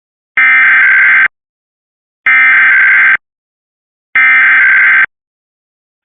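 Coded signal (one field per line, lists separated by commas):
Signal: Emergency Alert System (SAME) tones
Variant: header bursts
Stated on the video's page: Required Monthly Test alert carried on Comcast cable.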